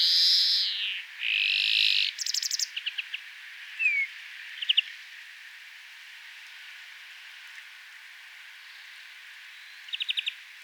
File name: Chloris chloris